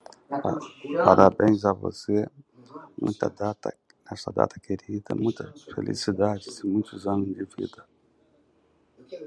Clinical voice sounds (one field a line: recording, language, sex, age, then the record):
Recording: short text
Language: Brazilian Portuguese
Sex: male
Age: 60 to 69 years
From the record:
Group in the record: control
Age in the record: 68 years